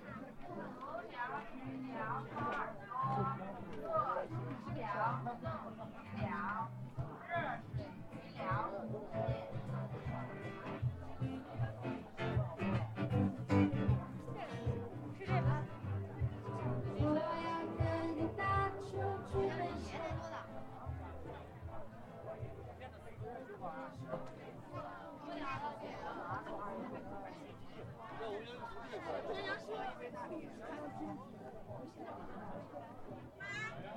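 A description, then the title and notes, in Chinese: Crowd chatter at Hongyadong in Chongqing, with many voices overlapping into a steady, dense murmur for the whole 34 seconds. Individual speakers rise briefly above the mix, and scattered clicks and taps come through without a break in the talking. 重庆洪崖洞。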